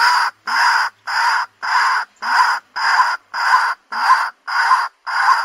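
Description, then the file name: White-breasted waterhen uttering harsh, croaking notes of even length, repeated regularly. Calling during the daytime. "tieng cuoc keu ban ngay"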